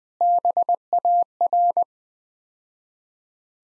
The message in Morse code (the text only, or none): BAR